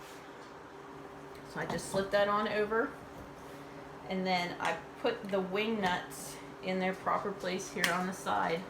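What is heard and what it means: Wing nuts on a food strainer screen are being fitted into their slots on the side of the metal strainer body while someone talks, with a steady low hum in the background. The part is still being handled, and nothing has snapped or seated into place yet.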